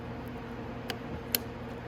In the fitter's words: click it down like that until it snaps into place just like this